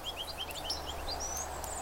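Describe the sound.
Ruby-crowned kinglet song, a quick run of thin, high upslurred notes that climb steadily in pitch, over a low steady hum.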